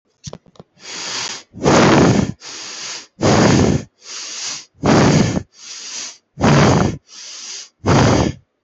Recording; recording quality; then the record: shallow breathing; excellent, no background noise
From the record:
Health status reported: healthy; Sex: male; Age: 26 years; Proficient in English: yes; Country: India